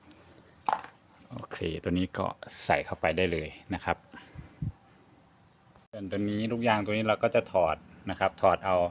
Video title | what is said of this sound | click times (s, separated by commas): เปลี่ยนชุดสวิทช์กุญแจYamaha Spark Nano | ก็หมุนให้มันเข้าล็อคมันก็จะอยู่นะครับอโอเค | 0.7 s